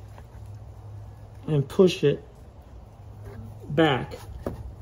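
An aftermarket mesh front grille on a Porsche 718 Boxster GTS 4.0 is bent slightly and pushed back into the front bumper aperture so its plastic clip can snap home. Someone talks over low background noise, with brief short ticks near 0.2 s and 4.5 s. Nothing has seated or clicked yet.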